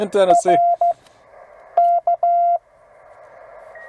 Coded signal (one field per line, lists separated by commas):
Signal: Morse code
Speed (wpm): 14 wpm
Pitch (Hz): 700 Hz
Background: speech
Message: R K